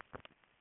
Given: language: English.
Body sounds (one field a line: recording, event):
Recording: throat vibration sensor signal played as sound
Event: swallow